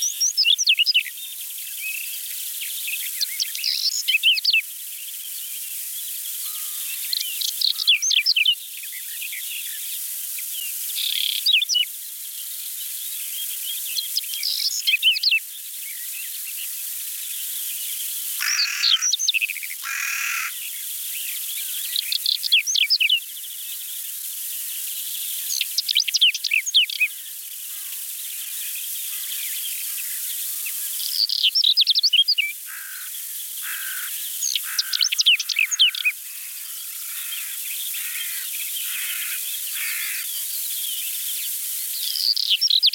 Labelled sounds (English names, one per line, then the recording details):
Whinchat song
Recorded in the wild
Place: Waltershofen / Freiburg im Breisgau, Baden-Württemberg, DE
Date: 1976-06-12
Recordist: Schwarz, Dieter